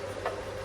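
A plastic wiring plug connector, one of two leftovers, is pushed into its mating socket on the turn-signal/parking-light wiring of a Honda Wave 125i LED motorcycle. A short tick is heard at 0.3 s over a steady low hum, and the plug clicks in and seats.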